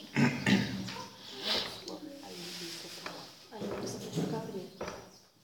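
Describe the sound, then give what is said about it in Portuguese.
A sow and her piglets grunting as they go out for a walk after she opened a door, with a run of short, overlapping snorts and oinks at varied pitches, some deep and rough, others higher and squealy, coming in uneven bursts. “abriu a porta e saiu com seus filhotes para passear. No meio da homilia.”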